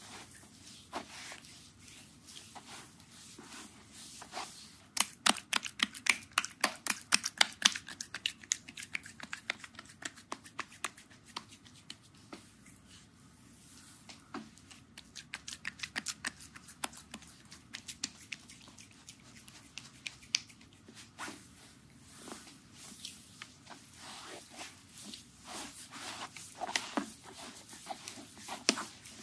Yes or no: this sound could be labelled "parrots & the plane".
no